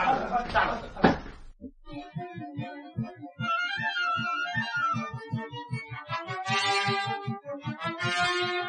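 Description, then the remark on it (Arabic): The door of an old building is hurriedly wrenched open by soldiers with a burst of scraping and rattling, ending in a sharp knock-like thud, then a sustained, pulsing tonal passage follows. “قرب يا عسكري انت وهو، ساعدوه على فتح الباب بسرعة.”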